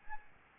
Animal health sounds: mosquito wingbeat signal from an infrared sensor; Anopheles arabiensis

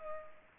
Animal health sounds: mosquito wingbeat signal from an infrared sensor; Culex pipiens

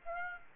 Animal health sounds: mosquito wingbeat signal from an infrared sensor; Aedes aegypti

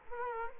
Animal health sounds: mosquito wingbeat signal from an infrared sensor; Culex quinquefasciatus

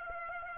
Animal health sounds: mosquito wingbeat signal from an infrared sensor; Aedes aegypti

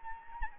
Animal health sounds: mosquito wingbeat signal from an infrared sensor; Anopheles arabiensis

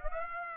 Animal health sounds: mosquito wingbeat signal from an infrared sensor; Aedes aegypti

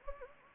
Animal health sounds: mosquito wingbeat signal from an infrared sensor; Anopheles gambiae

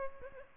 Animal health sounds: mosquito wingbeat signal from an infrared sensor; Aedes albopictus

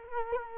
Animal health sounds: mosquito wingbeat signal from an infrared sensor; Culex quinquefasciatus

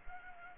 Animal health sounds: mosquito wingbeat signal from an infrared sensor; Culex pipiens

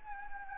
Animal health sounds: mosquito wingbeat signal from an infrared sensor; Anopheles gambiae

